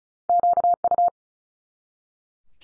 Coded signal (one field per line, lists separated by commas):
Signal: Morse code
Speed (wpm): 36 wpm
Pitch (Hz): 700 Hz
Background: none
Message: QU